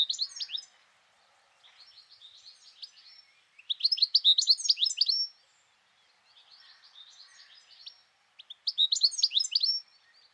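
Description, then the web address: Bird song: bursts of rapid high twittering and chirping notes alternate with quieter, softer chatter, loud phrases returning roughly every four to five seconds. "cianscape. Deverinetal 2025. Bird Only"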